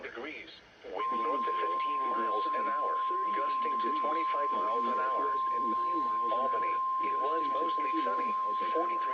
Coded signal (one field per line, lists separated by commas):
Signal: Emergency Alert System (SAME) tones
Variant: 1050 Hz attention tone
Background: speech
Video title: Saturday Weekly Tests (EAS #1678-1681)